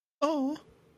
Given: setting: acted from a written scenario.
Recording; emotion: vocal sound without words; adoration